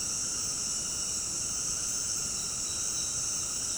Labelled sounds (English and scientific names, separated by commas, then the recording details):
none
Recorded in dense forest near Puerto Asís, Putumayo, Colombia, on 21 February 2024 at 19:00
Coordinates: 0.486, -76.316
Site G6437